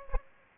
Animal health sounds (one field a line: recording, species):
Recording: mosquito wingbeat signal from an infrared sensor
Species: Aedes aegypti